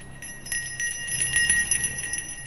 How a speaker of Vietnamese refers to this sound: Ông Then bắt đầu rung chuông niệm chú. Vừa rung chuông, ông ngân nga cất lên những tiếng hát then. Tay ông rung nhẹ nhẹ.